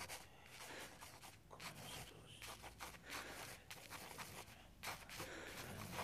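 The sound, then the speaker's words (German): A pencil scratches across paper in quick, uneven strokes, a soft dry rasp that starts and stops over several seconds with brief pauses between bursts. Quiet, with no voices. “Hier hast du Papier und Bleistift. Schreib auf, was du hier willst.”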